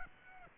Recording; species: mosquito wingbeat signal from an infrared sensor; Aedes aegypti